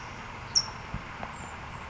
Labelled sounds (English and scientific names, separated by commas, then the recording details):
California Towhee (Melozone crissalis)
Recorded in Sonoma County, California